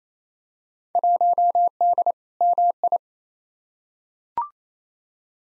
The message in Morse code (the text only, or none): 1D MI